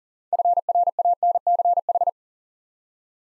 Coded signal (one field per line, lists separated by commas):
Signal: Morse code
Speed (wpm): 37 wpm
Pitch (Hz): 700 Hz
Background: none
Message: FRANCH